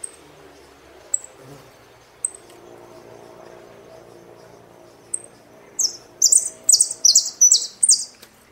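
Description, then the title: Saffron finch giving scattered thin high chips, then breaking into a loud, fast series of buzzy, rasping notes over the last few seconds. "Jilguero Argentino"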